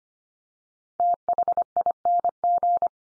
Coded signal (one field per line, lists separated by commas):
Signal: Morse code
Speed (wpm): 25 wpm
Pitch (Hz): 700 Hz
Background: none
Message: THING